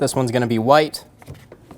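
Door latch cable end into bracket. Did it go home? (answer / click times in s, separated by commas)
no / none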